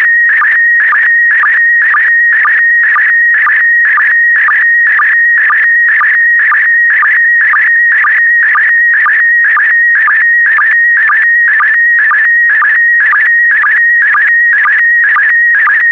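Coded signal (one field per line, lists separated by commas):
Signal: SSTV (slow-scan television)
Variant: PD120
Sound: steady whistling tone interrupted by rhythmic low blips, about two per second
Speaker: get ready starting transmission in 5 4 3 2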